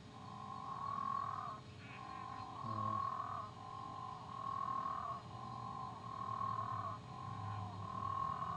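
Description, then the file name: Moreira's dwarf frog: long, nasal notes repeat with only brief gaps between them, over a steady low hum. "Physalaemus moreirae"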